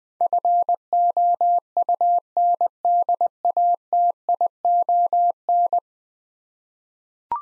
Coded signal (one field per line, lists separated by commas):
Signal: Morse code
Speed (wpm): 21 wpm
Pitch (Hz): 700 Hz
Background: none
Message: FOUNDATION